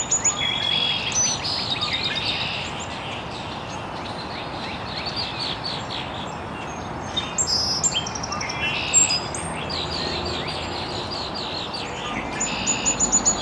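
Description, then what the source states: Birds chirping throughout, many overlapping high chips, trills and thin whistles from a mixed chorus over steady noise. Chirping very early in the morning in an estuary.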